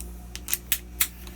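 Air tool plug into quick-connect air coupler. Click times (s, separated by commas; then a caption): 0.7 s, 1.0 s. The plug on a filler gun is pushed into a compressor's quick-connect air coupler, with a few small metallic ticks before two sharp clicks at 0.7 s and 1.0 s. After the second click the plug is seated in the coupler.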